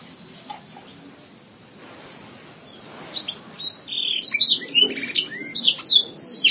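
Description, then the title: Canary singing after about three seconds of near silence, the song building into quick, high warbled phrases and chirps that grow louder toward the end. "Kenari"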